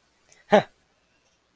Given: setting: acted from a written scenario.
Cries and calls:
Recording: vocal sound without words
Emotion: adoration

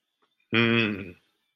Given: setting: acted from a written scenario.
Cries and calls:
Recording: vocal sound without words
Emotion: fear

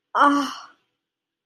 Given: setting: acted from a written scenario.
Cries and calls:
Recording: vocal sound without words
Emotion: awe

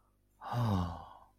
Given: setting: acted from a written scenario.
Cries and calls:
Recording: vocal sound without words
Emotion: relief

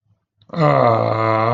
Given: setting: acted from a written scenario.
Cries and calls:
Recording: vocal sound without words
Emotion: adoration

